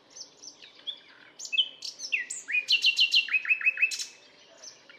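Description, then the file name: Common nightingale delivering soft twitters that build into a loud series of sweeping, descending notes. "Luscinia megarhynchos"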